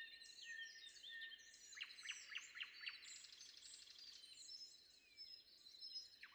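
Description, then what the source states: Common nightingale delivering four loud, piping notes in quick succession between softer twittering phrases. Recorded before dawn.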